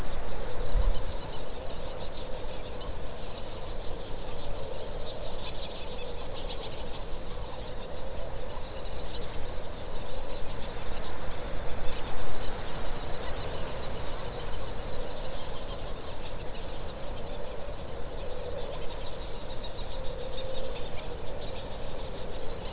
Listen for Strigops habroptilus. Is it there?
no